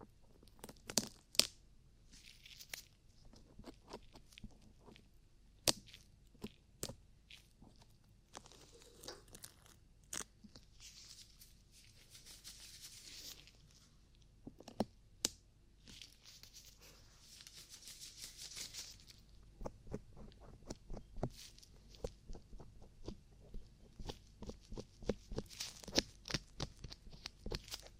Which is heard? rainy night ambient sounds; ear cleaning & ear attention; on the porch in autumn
ear cleaning & ear attention